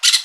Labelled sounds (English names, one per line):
Brown-throated Parakeet contact call